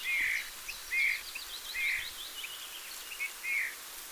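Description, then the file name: Eurasian bullfinch soft piping whistles, five short notes spaced under a second apart, over faint high twittering from other birds. "Pyrrhula pyrrhula"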